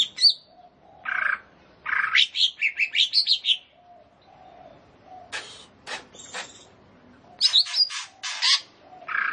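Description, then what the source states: Leafbird singing in bursts of sharp clicks, buzzy chatter and short whistled notes, with brief quiet pauses between the outbursts. Singing vigorously and continuously (gacor).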